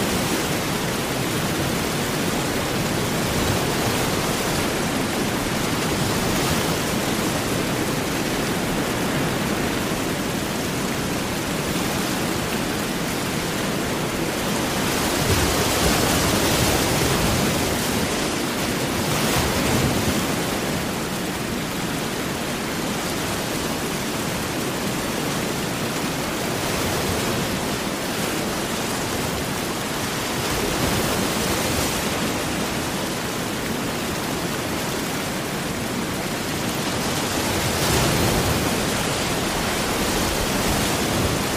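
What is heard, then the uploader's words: Heavy rain and surf blend into a dense, continuous hiss that fills the whole range from low rumble to bright spray. Broad swells rise every few seconds, around 5, 15, 20 and 38 seconds, like waves breaking, while the steady downpour never lets up. Heavy Rain & Big Ocean Waves | Rainstorm Sounds White Noise.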